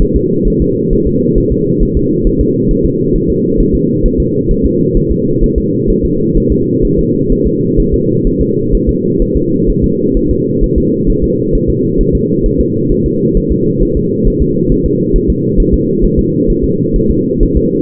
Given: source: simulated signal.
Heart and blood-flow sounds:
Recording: fetal heart sounds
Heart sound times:
0.02 s: S1
0.16 s: S2
0.48 s: S1
0.62 s: S2
0.93 s: S1
1.07 s: S2
1.38 s: S1
1.52 s: S2
1.82 s: S1
1.97 s: S2
2.27 s: S1
2.41 s: S2
2.71 s: S1
2.86 s: S2
3.15 s: S1
3.30 s: S2
3.60 s: S1
3.75 s: S2
4.06 s: S1
4.20 s: S2
4.51 s: S1
4.66 s: S2
4.97 s: S1
5.12 s: S2
5.44 s: S1
5.58 s: S2
5.90 s: S1
6.05 s: S2
6.37 s: S1
6.52 s: S2
6.85 s: S1
6.99 s: S2
7.32 s: S1
7.47 s: S2
7.80 s: S1
7.94 s: S2
8.27 s: S1
8.41 s: S2
8.75 s: S1
8.89 s: S2
9.22 s: S1
9.37 s: S2
9.70 s: S1
9.84 s: S2
10.17 s: S1
10.31 s: S2
10.64 s: S1
10.78 s: S2
11.10 s: S1
11.24 s: S2
11.55 s: S1
11.70 s: S2
12.01 s: S1
12.15 s: S2
12.46 s: S1
12.61 s: S2
12.92 s: S1
13.06 s: S2
13.37 s: S1
13.52 s: S2
13.83 s: S1
13.97 s: S2
14.27 s: S1
14.42 s: S2
14.72 s: S1
14.86 s: S2
15.16 s: S1
15.30 s: S2
15.60 s: S1
15.74 s: S2
16.05 s: S1
16.19 s: S2
16.50 s: S1
16.64 s: S2
16.96 s: S1
17.11 s: S2
17.43 s: S1
17.57 s: S2
From the record:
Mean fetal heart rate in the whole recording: 130 bpm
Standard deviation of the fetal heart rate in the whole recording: 4 bpm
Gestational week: 38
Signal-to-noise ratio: -11.2 dB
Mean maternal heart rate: 72 bpm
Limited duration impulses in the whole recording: present

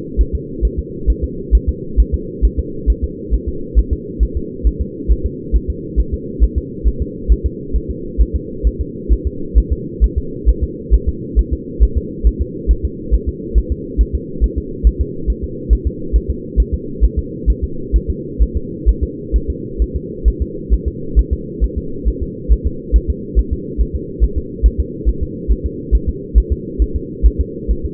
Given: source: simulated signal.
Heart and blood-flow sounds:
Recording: fetal heart sounds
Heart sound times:
0.21 s: S1
0.35 s: S2
0.65 s: S1
0.79 s: S2
1.10 s: S1
1.24 s: S2
1.55 s: S1
1.69 s: S2
2.00 s: S1
2.14 s: S2
2.45 s: S1
2.59 s: S2
2.90 s: S1
3.04 s: S2
3.34 s: S1
3.48 s: S2
3.79 s: S1
3.93 s: S2
4.23 s: S1
4.37 s: S2
4.67 s: S1
4.81 s: S2
5.11 s: S1
5.26 s: S2
5.56 s: S1
5.70 s: S2
6.00 s: S1
6.14 s: S2
6.44 s: S1
6.58 s: S2
6.88 s: S1
7.02 s: S2
7.32 s: S1
7.46 s: S2
7.76 s: S1
7.91 s: S2
8.21 s: S1
8.36 s: S2
8.67 s: S1
8.81 s: S2
9.13 s: S1
9.27 s: S2
9.58 s: S1
9.72 s: S2
10.04 s: S1
10.18 s: S2
10.49 s: S1
10.64 s: S2
10.94 s: S1
11.08 s: S2
11.39 s: S1
11.53 s: S2
11.83 s: S1
11.97 s: S2
12.27 s: S1
12.41 s: S2
12.71 s: S1
12.85 s: S2
13.14 s: S1
13.29 s: S2
13.58 s: S1
13.72 s: S2
14.01 s: S1
14.15 s: S2
14.44 s: S1
14.58 s: S2
14.87 s: S1
15.01 s: S2
15.30 s: S1
15.44 s: S2
15.73 s: S1
15.87 s: S2
16.16 s: S1
16.30 s: S2
16.60 s: S1
16.74 s: S2
17.04 s: S1
17.19 s: S2
17.50 s: S1
17.64 s: S2
17.96 s: S1
18.10 s: S2
18.42 s: S1
18.57 s: S2
18.89 s: S1
19.03 s: S2
19.36 s: S1
19.50 s: S2
19.82 s: S1
19.96 s: S2
20.28 s: S1
20.42 s: S2
20.73 s: S1
20.88 s: S2
21.19 s: S1
21.33 s: S2
21.64 s: S1
21.78 s: S2
22.08 s: S1
22.22 s: S2
22.52 s: S1
22.67 s: S2
22.96 s: S1
23.10 s: S2
23.39 s: S1
23.53 s: S2
23.81 s: S1
23.95 s: S2
24.24 s: S1
24.38 s: S2
24.66 s: S1
24.80 s: S2
25.09 s: S1
25.23 s: S2
25.52 s: S1
25.66 s: S2
25.95 s: S1
26.09 s: S2
26.38 s: S1
26.52 s: S2
26.82 s: S1
26.96 s: S2
27.26 s: S1
27.41 s: S2
27.71 s: S1
27.85 s: S2
From the record:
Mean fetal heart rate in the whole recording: 135 bpm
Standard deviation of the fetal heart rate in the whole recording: 3 bpm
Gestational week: 34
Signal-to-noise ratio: -4.3 dB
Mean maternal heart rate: 72 bpm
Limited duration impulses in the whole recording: absent

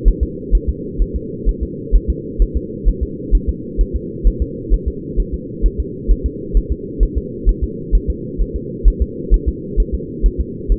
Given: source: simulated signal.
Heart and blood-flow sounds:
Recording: fetal heart sounds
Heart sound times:
0.08 s: S1
0.23 s: S2
0.55 s: S1
0.69 s: S2
1.02 s: S1
1.16 s: S2
1.49 s: S1
1.63 s: S2
1.96 s: S1
2.10 s: S2
2.42 s: S1
2.57 s: S2
2.88 s: S1
3.03 s: S2
3.35 s: S1
3.49 s: S2
3.81 s: S1
3.96 s: S2
4.27 s: S1
4.42 s: S2
4.74 s: S1
4.88 s: S2
5.20 s: S1
5.34 s: S2
5.66 s: S1
5.80 s: S2
6.11 s: S1
6.26 s: S2
6.57 s: S1
6.72 s: S2
7.03 s: S1
7.18 s: S2
7.49 s: S1
7.63 s: S2
7.95 s: S1
8.10 s: S2
8.41 s: S1
8.56 s: S2
8.88 s: S1
9.02 s: S2
9.34 s: S1
9.48 s: S2
9.80 s: S1
9.94 s: S2
10.26 s: S1
10.41 s: S2
10.72 s: S1
From the record:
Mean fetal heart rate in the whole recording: 130 bpm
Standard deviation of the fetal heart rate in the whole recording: 2 bpm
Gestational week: 36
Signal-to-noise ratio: -4.1 dB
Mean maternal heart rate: no maternal heart sound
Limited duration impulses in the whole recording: absent

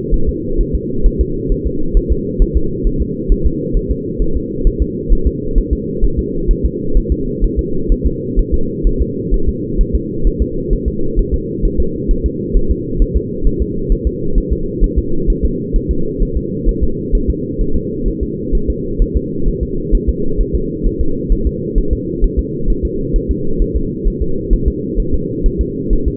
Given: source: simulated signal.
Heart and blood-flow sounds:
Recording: fetal heart sounds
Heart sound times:
0.14 s: S1
0.29 s: S2
0.61 s: S1
0.75 s: S2
1.06 s: S1
1.21 s: S2
1.52 s: S1
1.66 s: S2
1.97 s: S1
2.12 s: S2
2.42 s: S1
2.57 s: S2
2.87 s: S1
3.02 s: S2
3.32 s: S1
3.46 s: S2
3.77 s: S1
3.91 s: S2
4.22 s: S1
4.36 s: S2
4.67 s: S1
4.82 s: S2
5.13 s: S1
5.27 s: S2
5.58 s: S1
5.73 s: S2
6.04 s: S1
6.19 s: S2
6.51 s: S1
6.65 s: S2
6.97 s: S1
7.12 s: S2
7.44 s: S1
7.59 s: S2
7.92 s: S1
8.06 s: S2
8.39 s: S1
8.54 s: S2
8.87 s: S1
9.02 s: S2
9.34 s: S1
9.49 s: S2
9.81 s: S1
9.95 s: S2
10.27 s: S1
10.42 s: S2
10.73 s: S1
10.88 s: S2
11.19 s: S1
11.34 s: S2
11.65 s: S1
11.80 s: S2
12.11 s: S1
12.26 s: S2
12.57 s: S1
12.71 s: S2
13.02 s: S1
13.17 s: S2
13.47 s: S1
13.62 s: S2
13.92 s: S1
14.07 s: S2
14.38 s: S1
14.52 s: S2
14.84 s: S1
14.98 s: S2
15.30 s: S1
15.45 s: S2
15.76 s: S1
15.91 s: S2
16.23 s: S1
16.37 s: S2
16.69 s: S1
16.83 s: S2
17.15 s: S1
17.30 s: S2
17.62 s: S1
17.76 s: S2
18.08 s: S1
18.23 s: S2
18.55 s: S1
18.70 s: S2
19.02 s: S1
19.16 s: S2
19.48 s: S1
19.63 s: S2
19.95 s: S1
20.09 s: S2
20.41 s: S1
20.55 s: S2
20.87 s: S1
21.01 s: S2
21.32 s: S1
21.47 s: S2
21.78 s: S1
21.93 s: S2
22.24 s: S1
22.39 s: S2
22.70 s: S1
22.85 s: S2
23.16 s: S1
23.31 s: S2
23.62 s: S1
23.76 s: S2
24.08 s: S1
24.22 s: S2
24.54 s: S1
24.68 s: S2
25.00 s: S1
25.14 s: S2
25.46 s: S1
25.61 s: S2
25.93 s: S1
26.08 s: S2
From the record:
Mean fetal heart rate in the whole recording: 130 bpm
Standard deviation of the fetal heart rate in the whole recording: 2 bpm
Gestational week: 38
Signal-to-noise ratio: -8.1 dB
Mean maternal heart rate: 72 bpm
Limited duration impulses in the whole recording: absent

